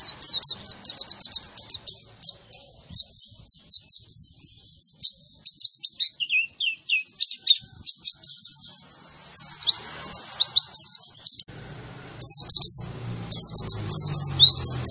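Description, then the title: White-eye song: long, dense, high twittering with quick chirps and trills, a short lower phrase midway, and a low rumble near the end. Young bird, described as gacor (singing persistently and energetically). "Pleci Gacor. Anakan Pleci"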